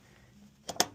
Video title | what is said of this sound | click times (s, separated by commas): How To Typewriter - Hermes 3000 | And so I'm just going to fit these prongs, interlock them together, and then push this lid towards the inside so it locks in place. | 0.7 s, 0.8 s